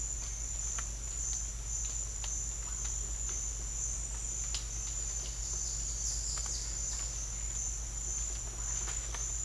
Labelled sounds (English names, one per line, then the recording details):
none
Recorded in dense forest near Puerto Asís, Putumayo, Colombia, on 20 December 2024 at 08:00
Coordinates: 0.481, -76.323
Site G100